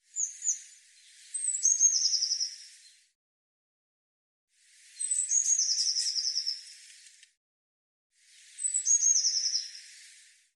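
Eurasian blue tit song phrases repeated three times: each starts with high, thin notes that run into a rapid, slightly descending trill, separated by short silent pauses.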